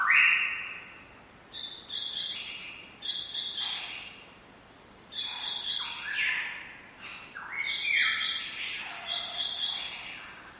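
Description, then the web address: Lyrebird squawking in harsh, noisy blocks of sound, several bursts separated by short pauses, some notes sliding downward. "lyrebirds squaking. lyrebirds squeaking"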